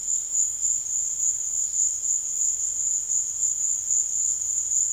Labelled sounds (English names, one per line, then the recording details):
none
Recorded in dense forest near Puerto Asís, Putumayo, Colombia, on 13 March 2025 at 16:30
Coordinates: 0.481, -76.323
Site G088